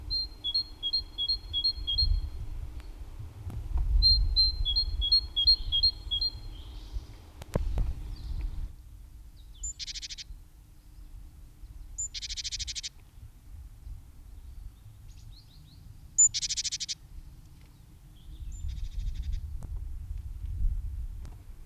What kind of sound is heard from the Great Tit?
song